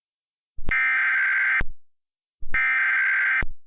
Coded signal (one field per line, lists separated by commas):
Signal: Emergency Alert System (SAME) tones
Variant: header bursts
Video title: If CDC Toned the Message - EAS Mock (READ DESC)